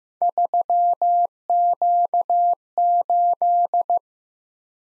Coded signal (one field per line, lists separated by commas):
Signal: Morse code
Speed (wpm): 15 wpm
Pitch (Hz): 700 Hz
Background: none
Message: 3Q8